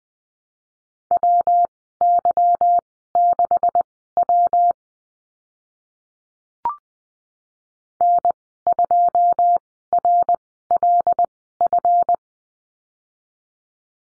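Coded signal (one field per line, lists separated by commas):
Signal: Morse code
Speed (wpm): 20 wpm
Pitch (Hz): 700 Hz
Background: none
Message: WY6W N2RLF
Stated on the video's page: Morse code course lesson on the letter P with call signs, Farnsworth speed 20/10 wpm.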